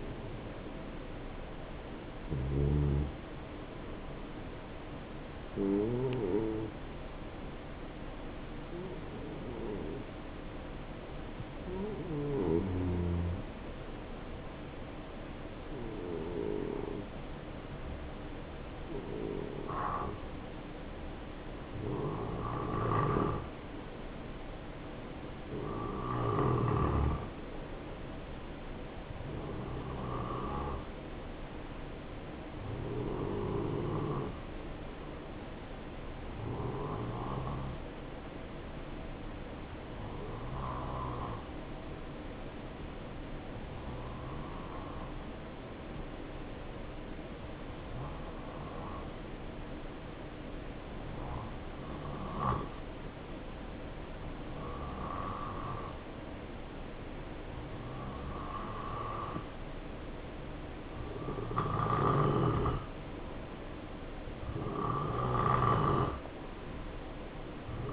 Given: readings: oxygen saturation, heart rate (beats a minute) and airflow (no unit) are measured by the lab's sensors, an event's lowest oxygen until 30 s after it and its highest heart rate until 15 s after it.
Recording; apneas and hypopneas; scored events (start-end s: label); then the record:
breathing in sleep by a voice recorder at the bedside; 2
4.00-30.70 s: hypopnea (N2, oxygen 92% highest, then 89% lowest, heart rate 69 at the start, 72 highest)
40.00-63.70 s: hypopnea (N2, oxygen 91% highest, then 88% lowest, heart rate 67 at the start, 73 highest)
From the record:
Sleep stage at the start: N2 (light sleep); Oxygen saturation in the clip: 86 to 92%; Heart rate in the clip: 65 to 73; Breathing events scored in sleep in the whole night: 277 in 7.4 hours asleep